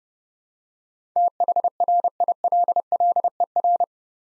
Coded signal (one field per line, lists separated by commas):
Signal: Morse code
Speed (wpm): 30 wpm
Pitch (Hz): 700 Hz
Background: none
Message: THRILLER